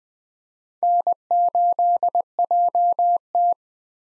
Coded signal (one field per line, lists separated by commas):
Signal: Morse code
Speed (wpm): 20 wpm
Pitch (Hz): 700 Hz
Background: none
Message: N8JT